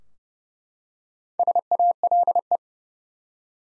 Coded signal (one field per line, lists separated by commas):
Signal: Morse code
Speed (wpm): 30 wpm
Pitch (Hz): 700 Hz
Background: none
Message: SALE